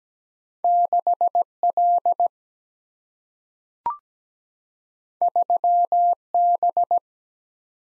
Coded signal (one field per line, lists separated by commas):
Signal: Morse code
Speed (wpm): 17 wpm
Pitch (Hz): 700 Hz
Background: none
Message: 6 L 3 B